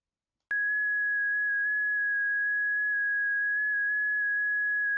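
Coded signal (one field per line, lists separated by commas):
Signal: FT8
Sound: a steady pure tone around 1.6 kHz that warbles in small stepped pitch shifts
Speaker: Now the radio and software settings are complete. You can see the FT8 communication is being transmitted and received through WSJT-X.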